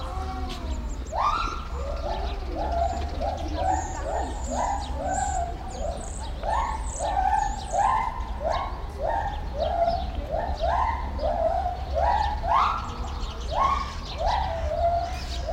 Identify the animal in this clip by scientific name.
Hylobates lar